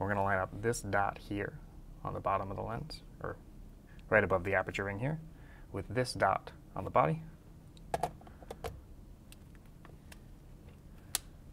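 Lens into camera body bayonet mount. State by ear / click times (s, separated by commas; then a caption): seated / 11.1 s. Someone talks while lining up the dot on the bottom of a metal lens, just above the aperture ring, with the dot on a Nikon F3 camera body, then twists the lens in the bayonet mount. A few faint ticks come from the mount before a sharp click at 11.2 s, when the lens locks into place. The aperture opens up, and the lens is installed and ready to use.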